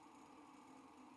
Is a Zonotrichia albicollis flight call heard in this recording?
no